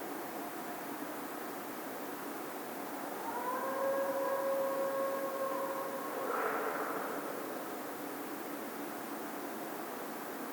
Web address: sounds mammals Coyote 2010 02 01 16 howl